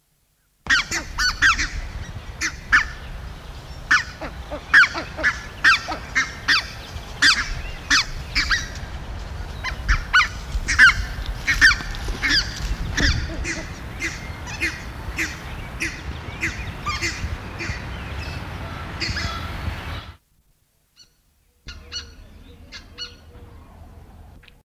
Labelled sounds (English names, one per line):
Red-breasted Goose call